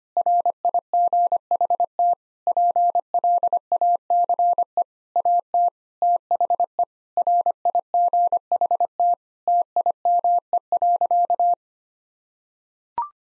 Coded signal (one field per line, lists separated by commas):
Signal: Morse code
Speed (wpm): 25 wpm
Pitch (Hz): 700 Hz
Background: none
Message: RIGHT PLACE AT THE RIGHT TIME.